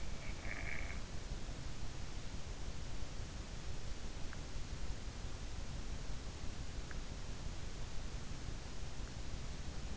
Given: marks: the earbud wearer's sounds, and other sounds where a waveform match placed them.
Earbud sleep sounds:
sounds in sleep by an in-ear microphone; snoring breath
0.00-1.11 s: snoring breath

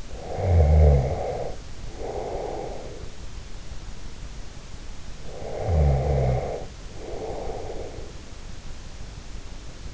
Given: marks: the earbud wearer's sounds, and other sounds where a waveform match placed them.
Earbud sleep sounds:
sounds in sleep by an in-ear microphone; snoring breath
0.00-3.17 s: snoring breath
5.11-8.23 s: snoring breath

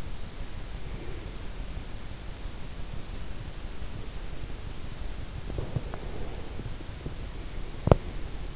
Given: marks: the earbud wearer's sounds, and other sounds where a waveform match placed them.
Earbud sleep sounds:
sounds in sleep by an in-ear microphone; breath, teeth grinding
0.81-1.50 s: breath
5.38-8.56 s: breath
5.42-6.08 s: teeth grinding
7.80-8.31 s: teeth grinding

